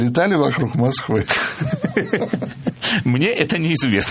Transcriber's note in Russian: смех